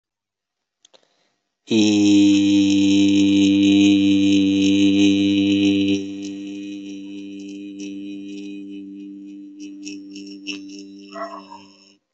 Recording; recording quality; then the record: sustained vowel as in beet; excellent, no background noise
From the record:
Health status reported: healthy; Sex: male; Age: 24 years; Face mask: not worn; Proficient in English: yes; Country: India